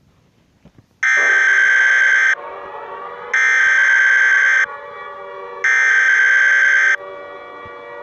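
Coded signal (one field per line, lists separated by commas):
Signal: Emergency Alert System (SAME) tones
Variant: header bursts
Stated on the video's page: Fictional EAS scenario.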